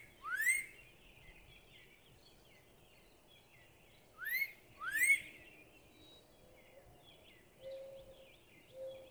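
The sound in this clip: Northern cardinal song: loud rising slurred whistles, one early and then a pair about a second apart, with other birds twittering and chirping behind.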